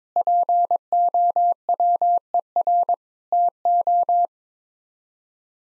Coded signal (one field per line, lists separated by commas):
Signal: Morse code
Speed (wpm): 22 wpm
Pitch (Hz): 700 Hz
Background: none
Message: POWER TO